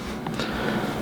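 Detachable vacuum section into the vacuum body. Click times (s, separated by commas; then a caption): 0.3 s. A detached plastic vacuum section is pushed back into place on the vacuum body, clicking in at 0.3 s and leaving the section seated. A second, longer sound follows at 0.4 s over a steady background hum. No one talks.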